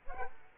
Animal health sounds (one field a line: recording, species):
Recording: mosquito wingbeat signal from an infrared sensor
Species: Culex quinquefasciatus